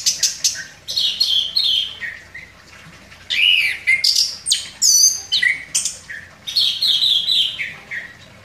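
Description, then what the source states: Orange-headed thrush song: rich, varied whistled phrases with fast slurred notes, some high and ringing, others dropping lower, delivered in bursts separated by brief pauses. Song described as gacor, meaning vigorous, sustained singing.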